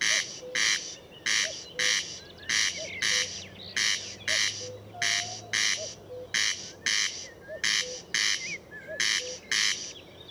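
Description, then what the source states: Corn crake calling in steady rasping pairs over soft low repeated notes and scattered high bird whistles. Recorded at Murnauer Moos, Germany, on 29 May 2014.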